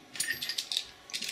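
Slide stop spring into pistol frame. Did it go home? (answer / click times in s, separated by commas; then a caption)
yes / 0.7 s. A pistol's slide stop spring is lifted and let go, snapping back into position on the polymer frame with a metal-on-polymer sound. Several light, bright metallic clicks and rattles are heard, and the spring seats with a sharp snap at 0.7 s.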